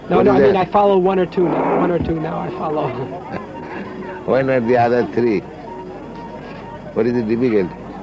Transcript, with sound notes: No, no, I mean I follow one or two now. One or two now I follow.
[laughs] Why not the other three? What is the difficulty?